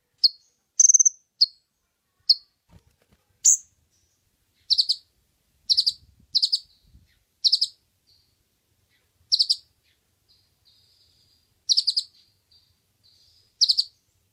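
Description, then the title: Oriental magpie-robin song: clipped high chirps and brief whistled notes in irregular groups, some doubled, with pauses between and faint thin notes in the gaps. Champion bird singing actively and constantly ('gacor'); masteran (tutor) song. "Kacer Juara Gacor"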